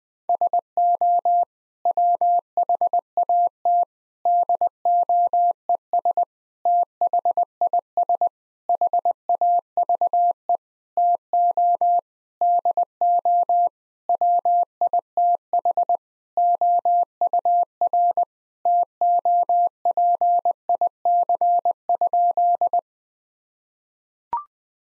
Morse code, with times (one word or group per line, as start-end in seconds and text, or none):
0.3-1.4 SO
1.9-3.8 WHAT
4.3-6.2 DOES
6.7-8.3 THIS
8.7-10.6 HAVE
11.0-12.0 TO
12.4-13.7 DO
14.1-16.0 WITH
16.4-18.2 OUR
18.7-22.8 TOPIC?